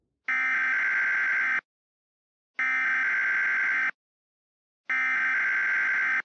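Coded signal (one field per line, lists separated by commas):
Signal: Emergency Alert System (SAME) tones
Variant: header bursts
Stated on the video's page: Fake, hypothetical EAS scenario of a severe storm in the New York City metro area.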